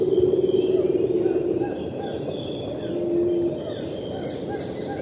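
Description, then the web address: Rufous motmot giving a low, wavering hooted phrase, then a shorter steady hoot, against dense insect and bird background noise. Eastern lowlands of South America. "Natures Songs S America Eastern Lowlands. Rufous Motmot"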